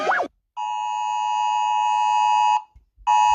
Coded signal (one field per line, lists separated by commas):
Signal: Emergency Alert System (SAME) tones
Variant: 853 and 960 Hz attention tone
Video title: Rating EAS Alarms based on how scary they are (Part 1)